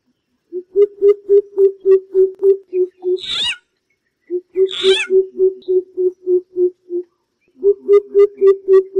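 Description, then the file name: Coucal giving a deep, even series of hollow hoots, about three or four a second, in three runs, broken by two loud buzzy, wavering calls. "Tieng chim bim bip"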